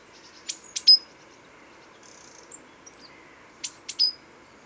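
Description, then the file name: Great tit giving two bursts of high, sharp calls, each a few quick notes ending in a thin whistle, separated by faint quieter sounds. "Parus major"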